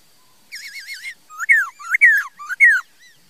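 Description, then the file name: Laughingthrush singing: a wavering whistled trill, then three rich whistles that climb and slide downward. "Tieng khuou hot"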